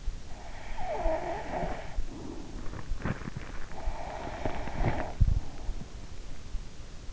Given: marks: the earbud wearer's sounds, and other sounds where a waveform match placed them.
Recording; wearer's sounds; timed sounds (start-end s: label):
sounds in sleep by an in-ear microphone; snoring breath, teeth grinding
0.18-5.88 s: snoring breath
2.81-5.60 s: teeth grinding